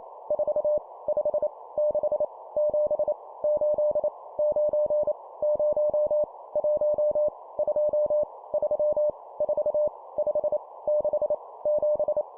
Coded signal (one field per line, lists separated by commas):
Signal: Morse code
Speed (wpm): 28 wpm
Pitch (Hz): 600 Hz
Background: none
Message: 4 5 6 7 8 9 0 1 2 3 4 5 6 7